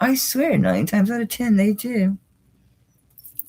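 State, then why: Released. Someone talks for about two seconds while struggling with a stubborn lock-style clasp on a silver jewelry piece, then goes quiet. Faint handling sounds follow, and at 3.4 s the clasp releases from its catch with a sharp click and pops open.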